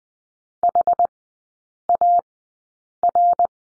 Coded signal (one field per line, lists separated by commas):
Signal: Morse code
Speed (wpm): 20 wpm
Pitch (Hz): 700 Hz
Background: none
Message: HAR